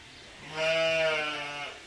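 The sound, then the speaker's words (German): A single sheep lets out a long, wavering bleat lasting over a second, rich in buzzy harmonics, rising in loudness and then tapering off, with no voices present, in shepherdess Josephine Heermühlen's sheep barn, where the sheep are being shorn. “Im Schafstall der Schäferin Josephine Heermühlen werden die Tiere geschoren.”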